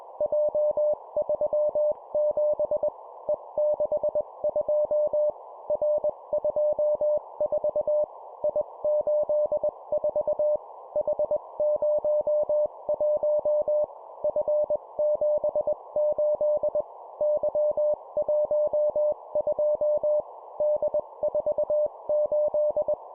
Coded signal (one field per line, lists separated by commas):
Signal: Morse code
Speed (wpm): 20 wpm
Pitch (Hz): 600 Hz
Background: none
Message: J37 E62 R24 I84 H01 F78 Y12 D48